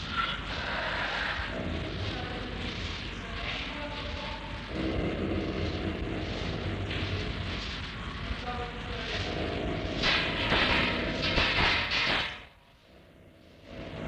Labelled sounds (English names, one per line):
Snow Leopard